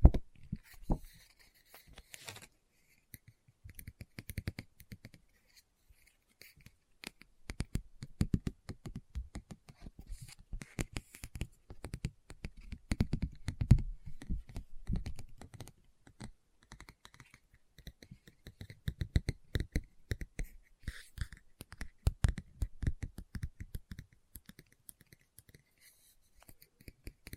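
Fingers tap and scratch on a book in quick, irregular bursts of dry clicks, with brief pauses and faint rustling between clusters.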